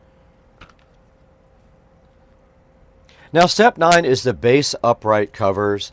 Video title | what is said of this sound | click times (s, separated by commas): SCSR Studio A Mega Edit Party - Watch me edit my next video | click it directly in place on the console there. | 0.6 s